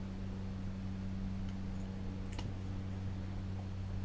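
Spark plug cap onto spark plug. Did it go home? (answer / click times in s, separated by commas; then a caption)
yes / 2.3 s, 2.4 s. A rubber spark plug cap with a metal clip inside is pushed back onto a spark plug over a steady low hum. Two sharp clicks sound at 2.3 s and 2.4 s as the cap snaps home, and it is seated on the plug.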